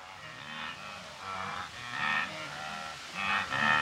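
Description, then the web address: Wildebeest grunting in a run of short, nasal, overlapping grunts from several animals, rising and falling in loudness. Several wildebeest grazing and grunting; Kenya, Africa. "Sound Effects-BBC Africa Kenya. wildebeest several grazing and grunting with birds and insects in background"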